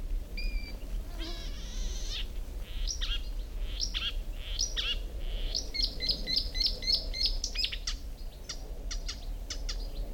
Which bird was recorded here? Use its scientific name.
Acrocephalus palustris